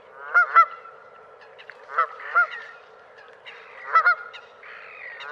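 Bird uttering paired nasal honks, three bursts roughly two seconds apart, with softer notes between them.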